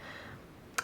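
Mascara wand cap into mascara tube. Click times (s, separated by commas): 0.8 s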